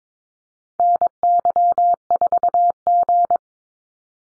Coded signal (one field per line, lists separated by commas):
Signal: Morse code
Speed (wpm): 22 wpm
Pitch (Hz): 700 Hz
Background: none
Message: NY4G